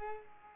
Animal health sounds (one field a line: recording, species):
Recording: mosquito wingbeat signal from an infrared sensor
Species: Culex pipiens